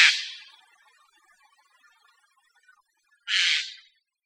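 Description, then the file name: Eurasian jay with two rough, grating screeches, one at the start and one near the end, separated by about three seconds of near silence. "Garrulus glandarius"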